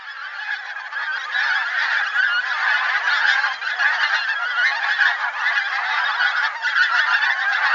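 Birds calling in a loud flock, harsh nasal honks crowding together without a break and swelling slightly after the first second.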